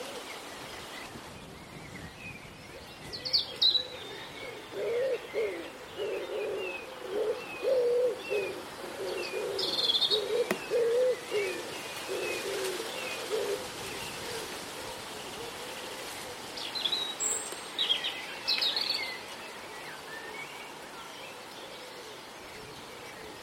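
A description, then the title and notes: Spring birdsong in a Dorset garden, with blue tits and starlings at the feeders. A low, repeated cooing runs steadily from about 5 to 12 seconds under scattered high chirps and short bright calls near 4 and 18 seconds, over a soft, constant background hiss. It's late morning in a springtime Dorset garden. Wood pigeons coo from trees now bright with fresh spring leaves. Blue tits and starlings land on the gently swaying bird feeders to eat their fill. Recorded by Daniel Kramer-Arden. Spring birdsong in a Dorset garden.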